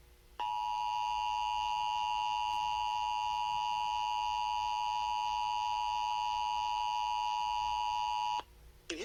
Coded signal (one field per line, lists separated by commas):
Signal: Emergency Alert System (SAME) tones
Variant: 853 and 960 Hz attention tone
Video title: Tornadoes, Squall lines and Monthly Tests 2 Day EAS Timeline Northwest Minnesota and the Dakotas